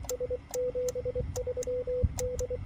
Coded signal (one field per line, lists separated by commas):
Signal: Morse code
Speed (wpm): 23 wpm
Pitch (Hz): 500 Hz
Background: radio noise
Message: S 73 D